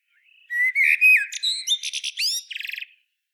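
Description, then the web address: Common blackbird song: smooth low whistled notes build into a short phrase, then break into scratchy high chirps and a fast rattling trill at the end. "SETE data Turdus merula"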